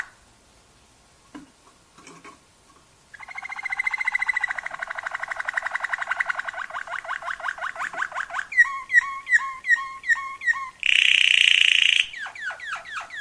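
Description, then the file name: Waterslager canary song: after a quiet start, a long buzzy trill, rhythmic bubbling notes, a harsh rasping burst and falling slurred phrases. Song variations. "kenari waterslager variasi omkicau"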